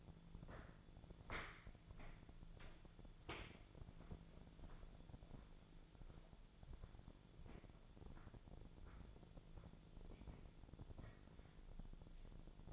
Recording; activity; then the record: daily activity, microphone in the room; walk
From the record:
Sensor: 5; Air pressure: 1008.3 hPa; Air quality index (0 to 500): 152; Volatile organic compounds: 3 ppm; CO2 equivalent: 1460 ppm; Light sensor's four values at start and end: 63/174/68/69 and 62/173/68/68